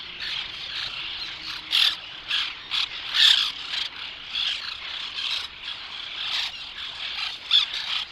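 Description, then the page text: White-winged tern calls: harsh, rasping squawks in short bursts, many birds overlapping in a busy chorus. "Tomas Belka - Белокрылая крачка (Chlidonias leucopterus)"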